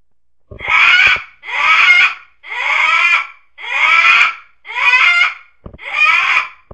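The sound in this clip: Rabbit calls: six harsh, high squealing cries, each lasting under a second, repeated roughly once a second with short silent gaps between them.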